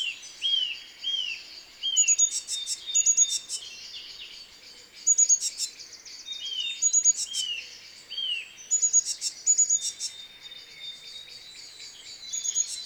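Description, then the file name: Great tit calls: a short arched note, thin high whistles and a quick burst of sharp ticking notes, the phrase repeating several times. "Parus major"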